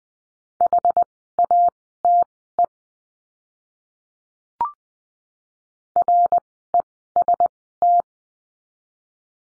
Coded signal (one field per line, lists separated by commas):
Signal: Morse code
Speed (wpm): 20 wpm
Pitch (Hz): 700 Hz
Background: none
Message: HATE REST